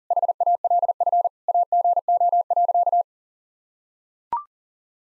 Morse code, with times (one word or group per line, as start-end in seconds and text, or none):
0.1-1.3 HALF
1.5-3.0 AGO.